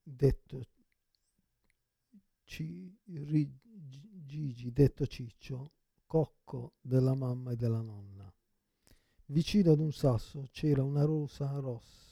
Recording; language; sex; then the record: read passage; Italian; male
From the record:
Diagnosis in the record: Parkinson's disease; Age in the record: 56 years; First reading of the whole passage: 87 s, 6.0 characters per second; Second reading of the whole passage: 67 s, 7.8 characters per second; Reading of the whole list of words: 59 s, 4.8 characters per second